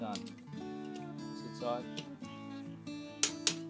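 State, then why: Torque reached. A click-type torque wrench tightens another front brake disc bolt to 20 ft-lb on a Kawasaki Ninja/Versys ER-6f/ER-6n during a brake pad and disc replacement, with music and guitar playing underneath while someone talks. The wrench gives a sharp double click at 3.2 s and 3.5 s, confirming the bolt has reached its torque setting.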